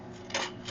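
A metal bottom bracket cup is rotated in the threaded frame shell of a Torpado road bike. Over a steady low background, a short, bright metallic click sounds at 0.4 s, with a fainter tick near 0.7 s. The thread drops into place and the cup is seated, felt as it fell into place.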